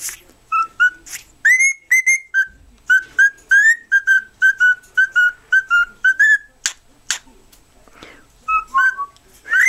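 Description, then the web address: Cockatiel whistling a series of short notes, some sliding upward, delivered in an uneven rhythm with occasional clicks and a quieter pause near the end. "birds cockatiel Cockatiel. sings"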